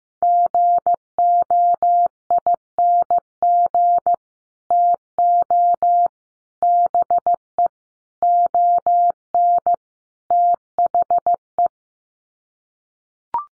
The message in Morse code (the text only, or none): GOING TO BE ON THE